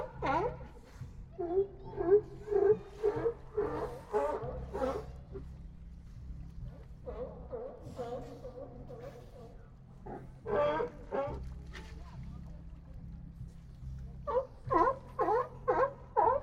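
At Old Fisherman's Wharf in Monterey Bay, hoarse animal barks come in bursts of rapid, overlapping calls, clustered early on, around the middle, and again near the end. A steady low droning rumble runs underneath the whole time, with quieter gaps between the outbursts.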